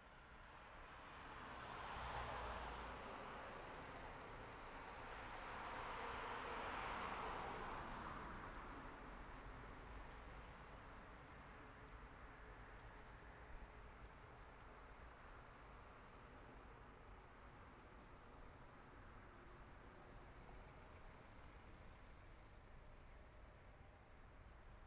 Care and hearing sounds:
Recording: everyday scene through a hearing-aid microphone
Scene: in traffic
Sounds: traffic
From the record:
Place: city secondary road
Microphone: behind the ear, right, rear

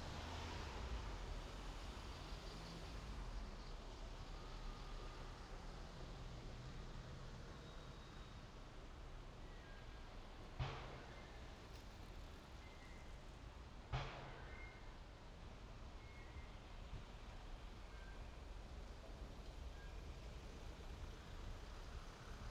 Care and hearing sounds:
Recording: everyday scene through a hearing-aid microphone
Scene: in traffic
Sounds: traffic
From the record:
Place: main road on the outskirts, rush hour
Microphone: in the ear canal, left

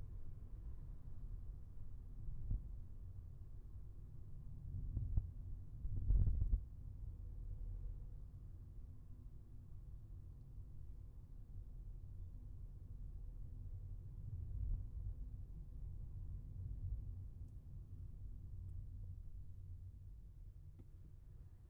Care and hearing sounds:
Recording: everyday scene through a hearing-aid microphone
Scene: in a vehicle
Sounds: engine, traffic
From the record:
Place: Skoda Fabia, gasoline engine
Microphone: behind the ear, left, front

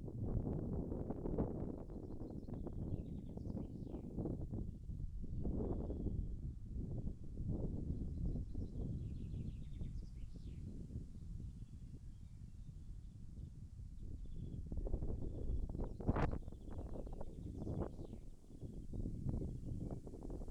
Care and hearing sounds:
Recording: everyday scene through a hearing-aid microphone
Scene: wind on the microphone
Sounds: wind, birds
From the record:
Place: in front of a rural house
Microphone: behind the ear, left, front

